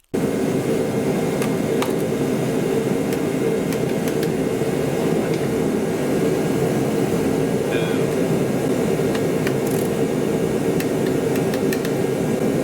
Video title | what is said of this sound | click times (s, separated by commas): Mercury Sable, Ford Taurus 3.0 Liter Duratec V6, VIN S, Upper Intake Plenum, Spark Plugs, and Wires | and when we go back around here in a second i part my heater running but i'll let you hear the clicking of the torque wrench which you can hear even over the heater | 1.8 s, 9.5 s, 10.8 s, 11.7 s